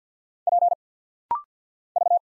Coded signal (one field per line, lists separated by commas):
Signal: Morse code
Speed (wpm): 51 wpm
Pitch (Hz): 700 Hz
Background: none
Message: P V